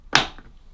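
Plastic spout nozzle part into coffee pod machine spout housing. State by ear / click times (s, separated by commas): seated / 0.2 s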